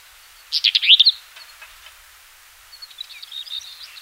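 Black-eared wheatear delivering a loud, brief scratchy burst of chattering notes, followed later by a softer, quicker twittering phrase.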